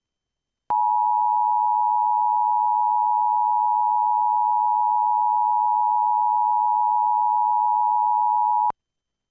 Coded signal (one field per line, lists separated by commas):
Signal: Emergency Alert System (SAME) tones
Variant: 853 and 960 Hz attention tone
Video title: EAS CAPTURE #2 TODAY (NOT IN MY AREA) 745 PM TO 8 PM